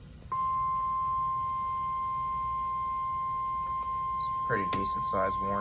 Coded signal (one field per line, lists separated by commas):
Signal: Emergency Alert System (SAME) tones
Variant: 1050 Hz attention tone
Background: speech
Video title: Severe Thunderstorm Warning on WXL92 || EAS 288